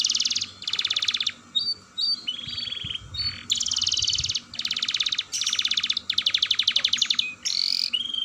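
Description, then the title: Atlantic canary song, nearly continuous rapid rolling trills shifting between tones, with brief whistled notes between rolls; a faint low rumble in the background. Canary singing vigorously (Indonesian 'gacor' style) with a long rolling trill, called 'dor roll panjang'. "Kenari Gacor Dor Roll Panjang"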